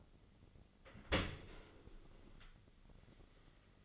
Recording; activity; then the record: daily activity, microphone in the room; open dishwasher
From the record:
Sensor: 4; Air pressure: 1004.0 hPa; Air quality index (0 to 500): 152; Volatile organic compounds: 2 ppm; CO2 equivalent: 1090 ppm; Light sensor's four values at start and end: 24/59/24/26 and 25/62/26/28